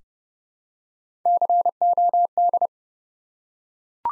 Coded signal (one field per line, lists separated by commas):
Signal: Morse code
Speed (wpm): 30 wpm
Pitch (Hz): 700 Hz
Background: none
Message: COD